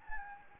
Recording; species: mosquito wingbeat signal from an infrared sensor; Anopheles gambiae